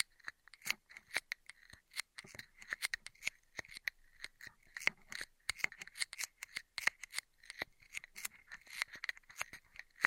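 Straw sounds fill the clip with quick, sharp crinkles and snips, coming in rapid irregular bursts with only brief gaps. The crackles are bright and crisp, with a steady squeaky rustle underneath. Short louder clicks stand out every second or so.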